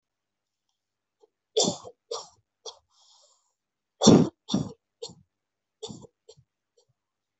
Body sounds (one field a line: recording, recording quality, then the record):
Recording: heavy voluntary cough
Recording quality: excellent, no background noise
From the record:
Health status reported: exposed to COVID-19, no respiratory illness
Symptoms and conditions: none ticked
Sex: female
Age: 27 years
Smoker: not ticked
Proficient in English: yes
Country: India